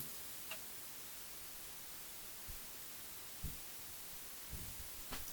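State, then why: Stripped. A screw is driven into a freshly drilled hole in a tight-fitting part of an Akai GX-R88 tape deck's capstan assembly, meant to bottom out so the part can be pulled out. Over steady hiss, only a few faint, soft ticks come through, around 0.5, 2.5, 3.5, 4.5 and 5.1 seconds. Nothing has seated or clicked yet, and the screw strips.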